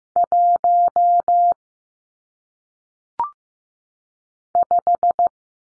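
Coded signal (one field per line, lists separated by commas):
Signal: Morse code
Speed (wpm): 15 wpm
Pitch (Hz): 700 Hz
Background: none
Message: 1 5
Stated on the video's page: Morse practice of single-digit numbers at 15 wpm, each sent, then spoken, then sent again.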